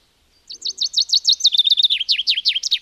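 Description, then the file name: Common chaffinch song: a rapid run of high, sharply down-slurred notes that speeds into a faster, lower series, about two and a half seconds long, still going at the end. "erdei pinty"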